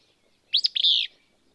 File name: Willow Flycatcher